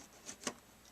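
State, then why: Released. The release latch on a Dell Optiplex 745 desktop computer's metal and plastic case is slid open, with a softer tick around 0.3 s. A single sharp hit at 0.5 s follows as the case cover pops up, released.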